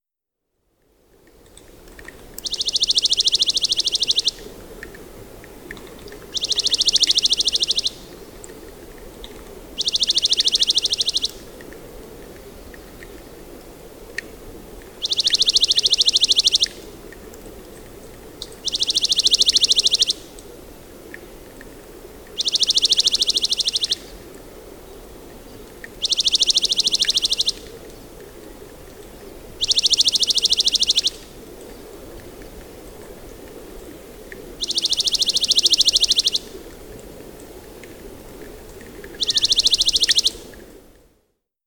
Dark-eyed Junco song recorded on the Fern Lake Trail of Rocky Mountain National Park.